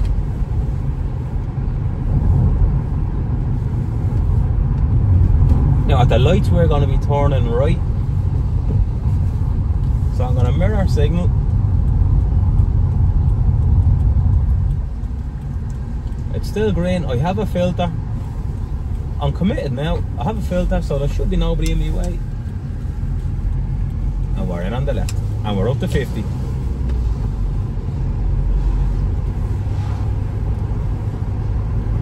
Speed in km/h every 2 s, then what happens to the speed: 41, 40, 39, 31, 27, 26, 24, 23, 25, 28, 21, 20, 25, 32, 38, 42.
4-9 slows to 26. 9-18 steady at about 25. 18-22 slows to 20. 22-32 speeds up to 42.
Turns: 21-24.